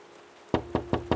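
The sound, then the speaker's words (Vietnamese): Four firm knocks on a door in a steady, evenly spaced rhythm, each a sharp, resonant thud, following a brief quiet moment with no voices. “Đang mãi nghĩ ngợi thì tiếng đập cửa làm cho Tạo giật mình.”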